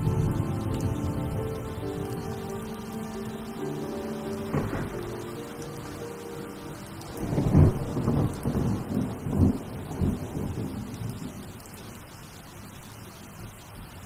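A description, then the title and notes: A soundtrack piece with rain: low sustained tones hold steady under a constant hiss of rainfall. Around the seventh second a heavy rumble swells, with thunder-like surges through about ten seconds, then settles back into the steady rain and fading low tones. Original sound tracks with rain.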